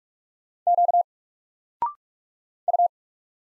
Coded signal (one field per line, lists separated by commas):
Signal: Morse code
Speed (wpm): 44 wpm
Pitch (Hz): 700 Hz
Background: none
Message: Q U